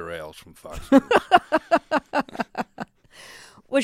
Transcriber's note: laughter